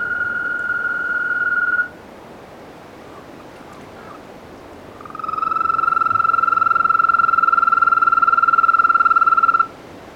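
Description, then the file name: African green toad giving a steady trill that stops near two seconds, then after a pause of about three seconds a longer even trill of about four and a half seconds. "Bufotes boulengeri"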